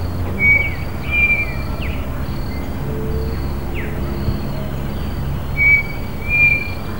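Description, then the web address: Bird giving brief level whistles and sharp downward-slurred notes in loose bouts, with a continuous low droning noise underneath. "BIRD 2015 small 50 CLASSES SABIOD 50 bird 2015"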